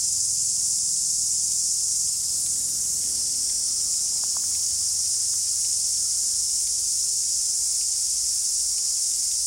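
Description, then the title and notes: Cicadas keep up a steady, piercing high drone; a few faint short clicks or chips stand out briefly against the continuous buzz. Cicada chorus called the summer song of the forest; river-flat native broadleaf forest with ferns and tree-ferns beside a river, top of the South Island, New Zealand; spring. "The chorus of cicadas is the summer song of the forest. BBC Countryfile Magazine's Sound Escapes"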